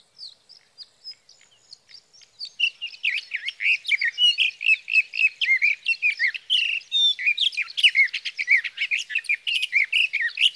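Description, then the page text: Sage thrasher: soft, spaced high notes at first, then the song swells into a loud, rapid, continuous warble of slurred and buzzy phrases. Male singing through the night near his night roost, evening of June 12 to morning of June 15, 2018, Sierra Valley, California; captured on a Swift recorder. "Birdsong for the Curious Naturalist: Explore #7. 61. Sage thrasher songs, through the night. from the evening of June 12 to the morning of June 15, 2018, in Sierra Valley, California"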